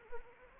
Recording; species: mosquito wingbeat signal from an infrared sensor; Anopheles arabiensis